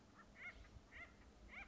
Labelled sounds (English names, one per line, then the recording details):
Acorn Woodpecker
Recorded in Sonoma County, California